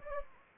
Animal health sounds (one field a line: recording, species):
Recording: mosquito wingbeat signal from an infrared sensor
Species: Anopheles gambiae